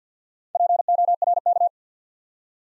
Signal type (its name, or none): Morse code